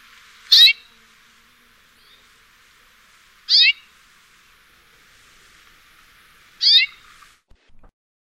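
Amakihi calls: three short downward-sweeping notes about three seconds apart, each with layered harmonics, over faint background hiss.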